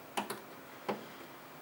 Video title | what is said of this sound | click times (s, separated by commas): SKS Wine Cooler | snapped all my snaps into place then | 0.2 s, 0.3 s, 0.9 s